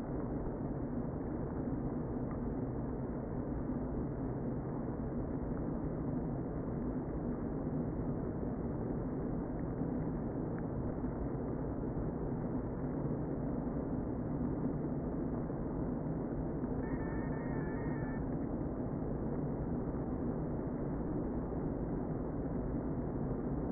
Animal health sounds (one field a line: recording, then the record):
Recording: honeybee colony, microphone inside the hive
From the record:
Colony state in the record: queen present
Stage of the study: before two queens were removed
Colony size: about 60,000 bees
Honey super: yes